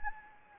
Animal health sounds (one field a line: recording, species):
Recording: mosquito wingbeat signal from an infrared sensor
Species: Anopheles gambiae